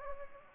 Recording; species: mosquito wingbeat signal from an infrared sensor; Anopheles gambiae